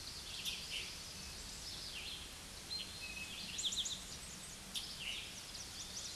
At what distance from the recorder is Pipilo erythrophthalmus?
about 20 m